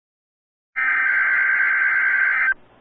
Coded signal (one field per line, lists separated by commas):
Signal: Emergency Alert System (SAME) tones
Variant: header bursts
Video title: First Video Of 2021 EAS#90-115